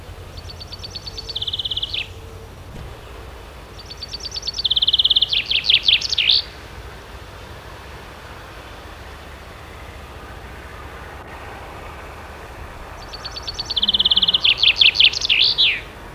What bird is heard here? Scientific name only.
Fringilla coelebs